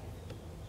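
During reassembly of an FX Impact .22 multi-calibre air rifle (sub 12 ft-lbs), the barrel part is slid into the rear receiver housing until it seats. A faint, short click is heard at 0.3 s over a steady low hum, confirming the part is seated before the thumb screw is tightened.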